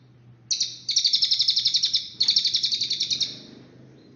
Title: Burung Cililin